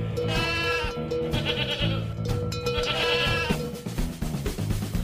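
A goat bleats loudly and repeatedly, each cry a shaky, quavering bleat, with two especially strong calls standing out against a steady low background for about five seconds.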